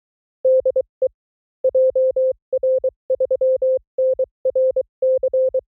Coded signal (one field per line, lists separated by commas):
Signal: Morse code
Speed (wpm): 23 wpm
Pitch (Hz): 520 Hz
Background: none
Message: DE JR3NRC